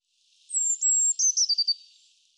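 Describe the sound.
Eurasian blue tit call: high thin whistles sliding slightly downward, then a short run of quick notes stepping lower.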